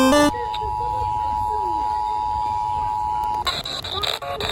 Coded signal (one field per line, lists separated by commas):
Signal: Emergency Alert System (SAME) tones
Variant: 853 and 960 Hz attention tone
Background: speech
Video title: ABSOLUTE INSANITY 7: SPRING BREAK INSANITY - EAS Alerts From 3/18/24 - 3/23/24 (EAS #1501-1562)